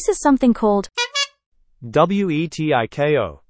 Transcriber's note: sfx: horn